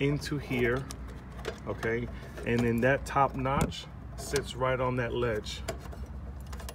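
A replacement pool pump timer mechanism is handled and set into its timer box, with its top notch resting on the ledge, while someone talks over faint handling noise and a couple of small taps near the end. Nothing has seated or clicked yet; the mechanism has not been pushed back and locked into the housing.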